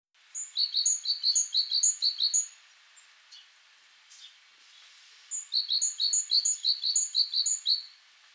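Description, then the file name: Eurasian blue tit calls: two bursts of quick, high chirping notes with a pause between them. "Cyanistes caeruleus"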